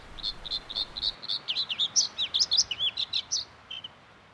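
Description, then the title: Bluethroat song beginning with a few ringing high notes, then a quick string of varied chirps, slurred whistles and twangy phrases, ending with one soft note. Song contains mimicked calls of other bird species. "Viikon luontoääni: Sinirinta"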